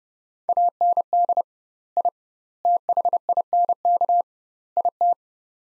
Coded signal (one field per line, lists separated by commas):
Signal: Morse code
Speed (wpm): 32 wpm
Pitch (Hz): 700 Hz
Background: none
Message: AND I THINK IT